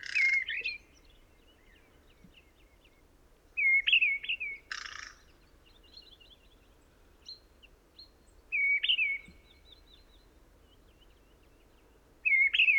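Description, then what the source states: Mistle Thrush song: short loud fluty phrases with rising and falling whistles, separated by pauses of several seconds, with faint thin notes between. In a pine wood; recorded 30 January 2021, sunny windless morning, sky clearing after days of rain, Plateau de Lesches-en-Diois, Drôme, 1000 m altitude; Nagra Seven with Telinga P7 parabolic reflector.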